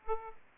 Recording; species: mosquito wingbeat signal from an infrared sensor; Aedes aegypti